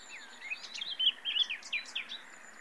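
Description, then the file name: Common nightingale song phrase: a varied, warbling sequence of rising and falling whistled notes, with brief high thin notes mixed in. "Luscinia megarhynchos"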